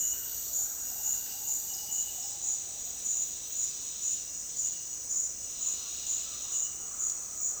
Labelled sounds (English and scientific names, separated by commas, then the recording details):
Speckled Chachalaca (Ortalis guttata)
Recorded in dense forest near Puerto Asís, Putumayo, Colombia, on 20 February 2024 at 08:30
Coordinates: 0.466, -76.327
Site G6413